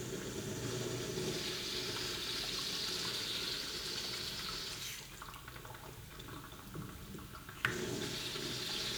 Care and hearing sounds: daily activity, guitar pickup as the sensor; flush

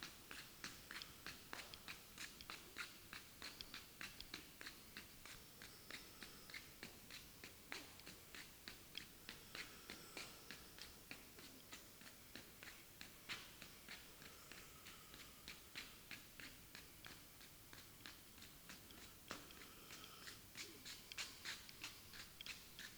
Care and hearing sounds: daily activity, guitar pickup as the sensor; run

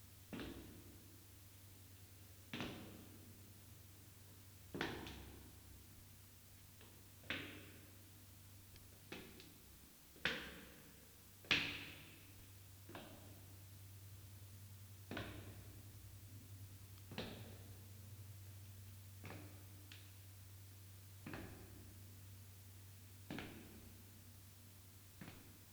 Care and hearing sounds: daily activity, guitar pickup as the sensor; go downstairs

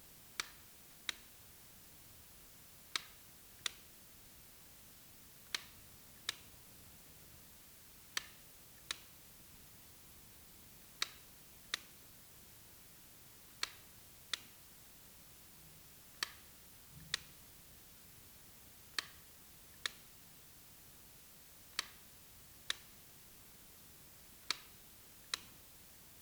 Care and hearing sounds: daily activity, guitar pickup as the sensor; operate light

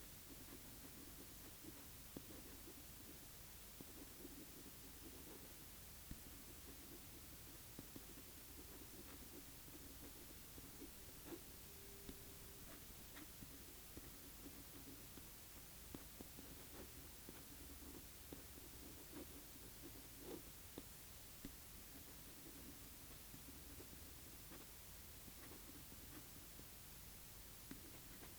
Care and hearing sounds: daily activity, guitar pickup as the sensor; write

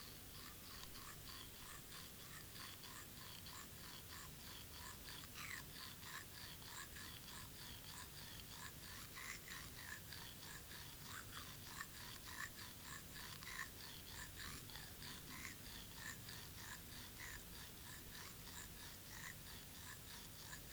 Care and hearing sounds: daily activity, guitar pickup as the sensor; brush teeth

